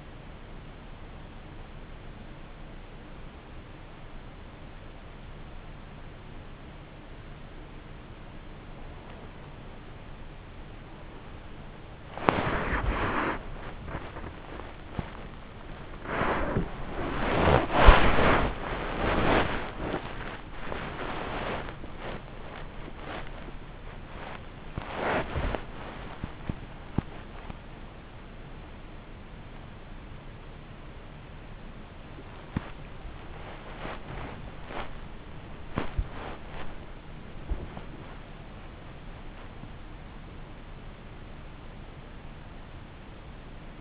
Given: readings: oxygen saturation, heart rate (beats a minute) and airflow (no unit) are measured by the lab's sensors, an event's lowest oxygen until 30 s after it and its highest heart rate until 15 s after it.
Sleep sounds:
a person awake in a sleep study, by a voice recorder at the bedside; none
0.00-43.81 s: awake
From the record:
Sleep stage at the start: awake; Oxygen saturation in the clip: 95 to 98%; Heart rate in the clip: 56 to 66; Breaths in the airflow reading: 6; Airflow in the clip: -7.3 to 9.7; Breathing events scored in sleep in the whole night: 304 in 5.6 hours asleep

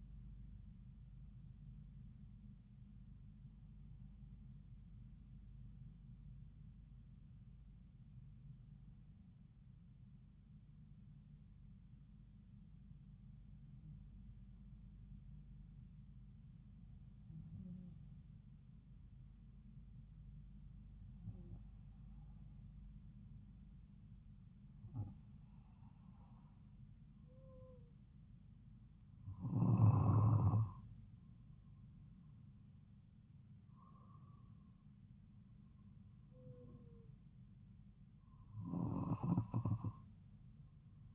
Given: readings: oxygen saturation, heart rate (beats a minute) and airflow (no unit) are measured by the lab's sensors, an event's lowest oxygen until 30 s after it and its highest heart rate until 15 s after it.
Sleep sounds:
breathing in sleep by a smartphone at the bedside; 1
3.00-26.40 s: hypopnea (N2, oxygen 96% highest, then 93% lowest)
From the record:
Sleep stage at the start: N2 (light sleep); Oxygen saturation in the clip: 93 to 96%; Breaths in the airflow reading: 9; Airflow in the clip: -3.2 to 4.0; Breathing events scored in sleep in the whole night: 270 in 6.1 hours asleep

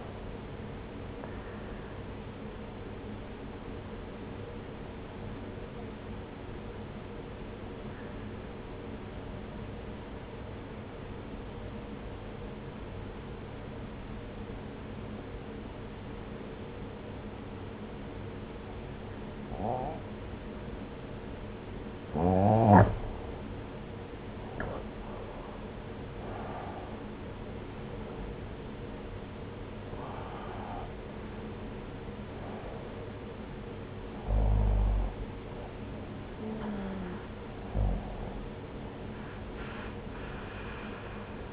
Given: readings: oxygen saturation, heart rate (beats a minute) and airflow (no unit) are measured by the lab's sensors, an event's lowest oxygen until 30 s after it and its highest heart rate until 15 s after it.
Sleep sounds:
breathing in sleep by a voice recorder at the bedside; 1
3.00-24.30 s: obstructive apnea (N2, oxygen 94% highest, then 85% lowest)
40.00-41.52 s: new sleep stage, N1 (lightest sleep)
From the record:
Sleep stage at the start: N2 (light sleep); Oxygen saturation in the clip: 89 to 94%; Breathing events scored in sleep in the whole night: 303 in 8.1 hours asleep

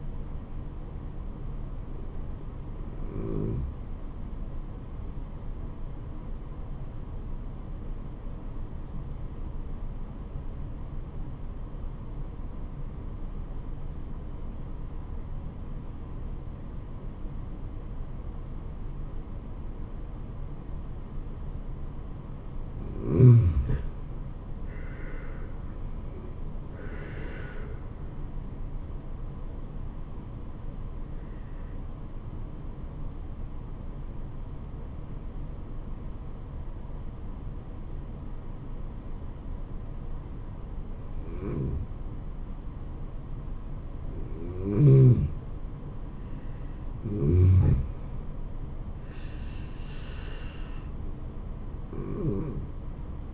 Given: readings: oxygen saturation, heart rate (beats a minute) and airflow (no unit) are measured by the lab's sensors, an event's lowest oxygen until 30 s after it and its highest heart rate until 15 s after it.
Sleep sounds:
breathing in sleep by a smartphone at the bedside; 2
8.00-25.90 s: obstructive apnea (N1, oxygen 95% highest, then 83% lowest, heart rate 72 at the start, 80 highest)
14.00-53.34 s: new sleep stage, N2 (light sleep)
32.00-48.00 s: obstructive apnea (N2, oxygen 91% highest, then 89% lowest, heart rate 71 at the start, 80 highest)
From the record:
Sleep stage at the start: N1 (lightest sleep); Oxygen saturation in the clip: 83 to 95%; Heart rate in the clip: 64 to 80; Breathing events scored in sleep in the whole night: 426 in 7.4 hours asleep

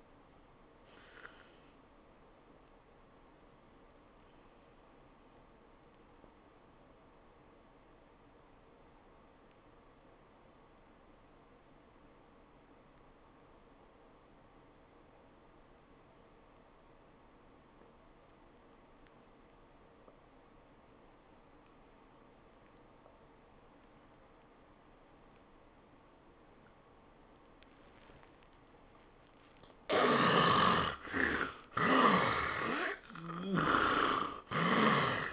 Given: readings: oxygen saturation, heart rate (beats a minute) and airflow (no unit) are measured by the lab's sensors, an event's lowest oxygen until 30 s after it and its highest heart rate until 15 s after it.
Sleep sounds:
a person awake in a sleep study, by a voice recorder at the bedside; 1
2.00-32.00 s: new sleep stage, awake
6.00-29.90 s: obstructive apnea (scored as awake, oxygen 95% highest, then 69% lowest, heart rate 88 at the start, 102 highest)
6.00-32.00 s: awake
32.00-35.33 s: new sleep stage, N1 (lightest sleep)
From the record:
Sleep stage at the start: N1 (lightest sleep); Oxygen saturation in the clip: 72 to 95%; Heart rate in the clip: 72 to 103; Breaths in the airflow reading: 4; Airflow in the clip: -20.0 to 12.7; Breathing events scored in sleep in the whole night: 403 in 5.5 hours asleep

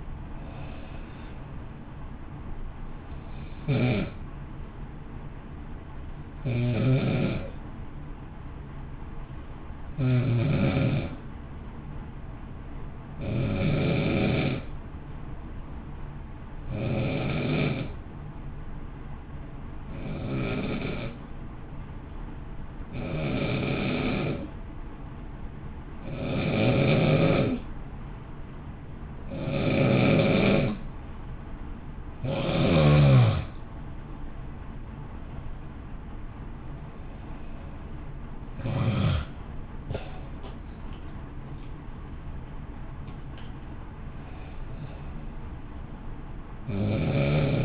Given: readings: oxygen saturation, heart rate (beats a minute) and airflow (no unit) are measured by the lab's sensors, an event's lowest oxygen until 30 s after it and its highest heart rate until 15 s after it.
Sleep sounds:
breathing in sleep by a smartphone at the bedside; 1
7.00-31.50 s: hypopnea (N2, oxygen 95% highest, then 87% lowest, heart rate 52 at the start, 60 highest)
From the record:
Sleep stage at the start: N2 (light sleep); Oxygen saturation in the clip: 88 to 95%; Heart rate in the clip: 51 to 61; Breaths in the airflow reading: 15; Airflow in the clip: -1.7 to 1.2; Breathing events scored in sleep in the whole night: 328 in 6.3 hours asleep

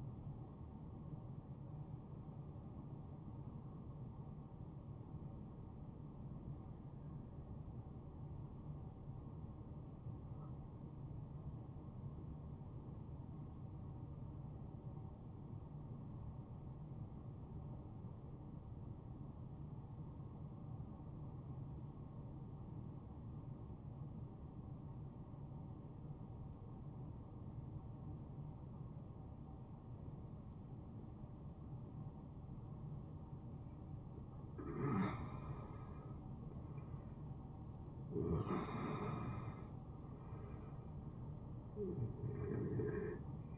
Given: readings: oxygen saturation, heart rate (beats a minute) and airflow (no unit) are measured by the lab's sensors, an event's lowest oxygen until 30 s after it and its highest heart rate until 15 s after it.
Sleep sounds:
breathing in sleep by a smartphone at the bedside; 1
3.00-43.58 s: new sleep stage, N1 (lightest sleep)
4.00-32.70 s: hypopnea (N1, oxygen 97% highest, then 93% lowest, heart rate 68 at the start, 70 highest)
From the record:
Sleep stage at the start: N2 (light sleep); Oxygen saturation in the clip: 91 to 97%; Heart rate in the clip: 51 to 75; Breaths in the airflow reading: 8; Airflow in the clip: -11.1 to 6.7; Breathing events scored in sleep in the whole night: 263 in 5.5 hours asleep

